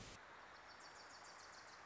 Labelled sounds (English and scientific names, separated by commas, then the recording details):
Wilson's Warbler (Cardellina pusilla)
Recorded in Sonoma County, California